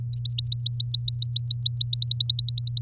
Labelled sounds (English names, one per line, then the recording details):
Domestic Canary song
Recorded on 7 May 2018 at 15:22
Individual llb16